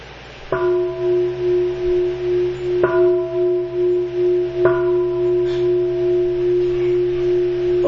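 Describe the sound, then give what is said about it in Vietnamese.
Three strokes of a temple bell at a Buddhist ceremony, struck without the wooden fish, each a sharp strike followed by a deep, sustained hum that wavers and overlaps the next, with no voices. “Đánh dần thầy ba tiếng chuông mà không cần đánh mõ, đánh ba tiếng chuông.”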